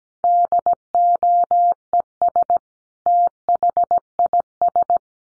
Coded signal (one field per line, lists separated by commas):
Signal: Morse code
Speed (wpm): 17 wpm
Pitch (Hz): 700 Hz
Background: none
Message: DOES THIS